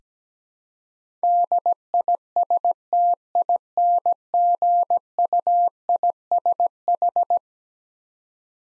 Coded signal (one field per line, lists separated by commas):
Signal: Morse code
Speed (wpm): 17 wpm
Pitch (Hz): 700 Hz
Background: none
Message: DISTINGUISH